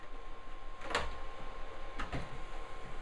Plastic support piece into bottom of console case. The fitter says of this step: snap it in there.